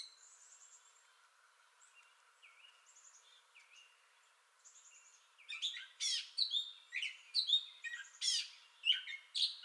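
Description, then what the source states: Gray catbird song, quiet soft whistled notes at first, then louder scratchy, squeaky phrases tumbling out in a fast varied series. Entire song bout, 30 May 2021.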